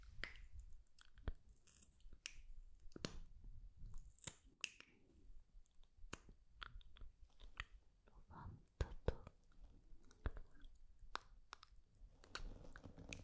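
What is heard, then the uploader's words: Layers of lip gloss are worked on, with sticky, wet lip smacks and sharp clicks coming irregularly, several each second. Some sounds are crisp and bright, others soft and low, over a quiet background with no talking. 100 LAYERS OF LIPGLOSS ASMR.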